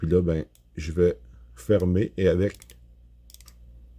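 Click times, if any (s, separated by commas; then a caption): 3.3 s, 3.4 s, 3.5 s. Someone talks while closing a 0-1 micrometer's spindle onto a metal workpiece held between the anvils, then turns the ratchet stop until it slips at measuring force. A quick series of small, faint clicks is heard at 3.3, 3.3, 3.4 and 3.5 seconds. The ratchet confirms the closing torque before the dimension is checked.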